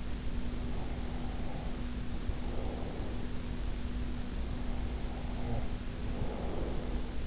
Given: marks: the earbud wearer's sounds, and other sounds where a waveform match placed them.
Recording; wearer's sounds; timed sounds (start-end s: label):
sounds in sleep by an in-ear microphone; breath
0.55-3.43 s: breath
4.33-7.27 s: breath